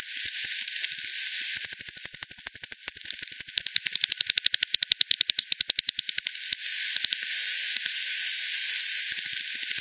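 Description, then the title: Sparse bat ticks at first, building into a strong even pulse train from two to six seconds, then scattered faint clicks over background hiss. Multiple bats at Hogsmill River, Hogsmill Lane, 7 October 2020, 18:10 UTC; frequency-divided by ten, band-pass filtered and resampled. "bat 20201007 T 18 : 10 Z-Hogsmill-Lane-Hogsmill-River-multiple-bats-FD 10"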